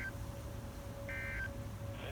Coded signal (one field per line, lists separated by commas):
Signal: Emergency Alert System (SAME) tones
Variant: end-of-message bursts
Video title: Minneapolis siren test with weather radio EAS# 25